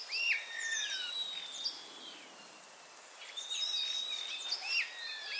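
Common starling calls: thin high whistles and slurred descending notes, a few bursts spread over several seconds with a soft background hiss.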